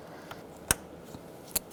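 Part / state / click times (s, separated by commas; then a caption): wiring harness connector onto intake manifold sensor / seated / 0.7 s. A plastic wiring harness connector is pushed onto its mating sensor socket on the intake manifold of a 2000-2007 Ford Taurus 3.0L V6. A faint tick at 0.3 s comes before a sharp, bright click at 0.7 s as the connector seats, and another sharp click follows near 1.6 s. The connector is confirmed seated.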